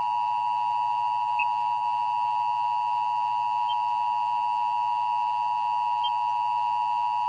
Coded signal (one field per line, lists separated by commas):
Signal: Emergency Alert System (SAME) tones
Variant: 853 and 960 Hz attention tone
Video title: Emergency Broadcast System Collection